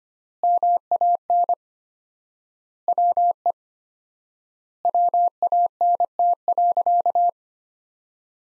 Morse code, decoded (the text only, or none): MAN WE WANT.